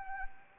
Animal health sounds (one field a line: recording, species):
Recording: mosquito wingbeat signal from an infrared sensor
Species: Anopheles arabiensis